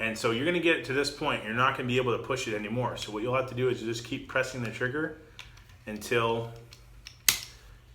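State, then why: Released. A metal striker is pushed into a paintball marker's receiver during reassembly until it stops, while someone talks. The trigger is pressed repeatedly, giving faint clicks near 6.7 and 7.1 seconds. A sharp click at 7.3 seconds releases the striker so it moves forward into place.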